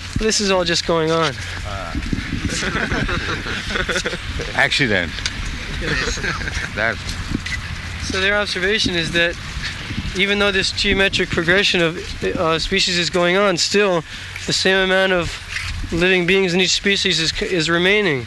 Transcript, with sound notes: This is all just going on.
Ah, accident. [laughter] That's all.
So their observation is that even though this geometric progression of species is going on, still, the same amount of living beings in each species is remaining.